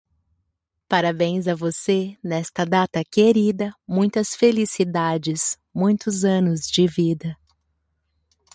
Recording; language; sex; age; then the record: short text; Brazilian Portuguese; female; 30 to 39 years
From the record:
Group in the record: control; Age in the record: 33 years